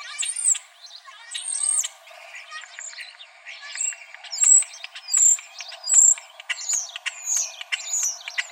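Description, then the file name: European Starling song: a varied run of clear high whistles, slurred notes, clicks and rattling chatter, with bright whistled phrases recurring toward the end. "EUST 2 deviche"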